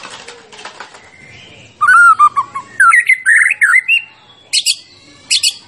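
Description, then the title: White-rumped shama song: soft faint notes at first, then loud varied phrases of whistles, slurred notes and sharp high chips after about two seconds. Champion bird; training (masteran) recording of song for teaching other songbirds. "Masteran Murai Batu Juara"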